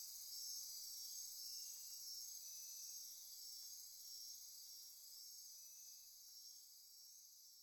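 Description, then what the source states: Insects singing together, a high sizzling chorus with quick pulsed trills and occasional lower buzzy notes, slowly fading in loudness. Insect chorus recorded at midnight near Corcovado.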